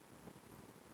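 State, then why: Not seated. A metal drum shaft, its cut mark lined up with the slot, is being pushed into a copier drum unit of a Canon imageRUNNER ADVANCE 4025/4035/4045/4051. Only steady low broadband noise is heard, with no distinct impact. Nothing has seated or clicked yet; the shaft is still being handled before it locks into place.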